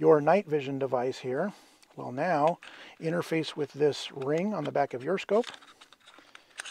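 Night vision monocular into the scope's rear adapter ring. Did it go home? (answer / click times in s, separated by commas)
yes / 6.6 s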